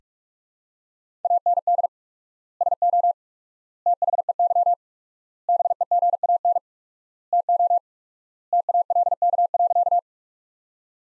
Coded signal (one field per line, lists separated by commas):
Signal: Morse code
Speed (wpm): 47 wpm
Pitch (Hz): 700 Hz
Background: none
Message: AND SO THEY BEGAN TO TALK.